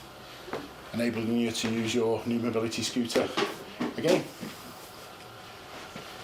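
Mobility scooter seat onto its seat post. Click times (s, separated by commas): 0.5 s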